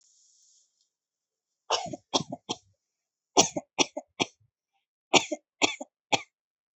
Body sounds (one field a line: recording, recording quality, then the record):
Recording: shallow voluntary cough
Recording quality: excellent, no background noise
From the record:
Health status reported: healthy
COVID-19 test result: not tested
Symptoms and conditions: none ticked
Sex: female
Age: 27 years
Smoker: not ticked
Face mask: not worn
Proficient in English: yes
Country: India